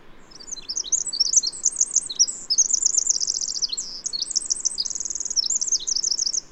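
Bird song of shrill, fast twittering and buzzy trills, including a sustained rattling run near the middle, delivered as one unbroken high stream.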